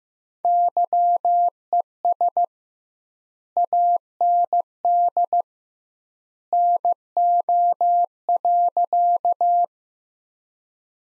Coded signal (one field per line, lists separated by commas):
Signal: Morse code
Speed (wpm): 15 wpm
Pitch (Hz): 700 Hz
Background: none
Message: YES AND NO.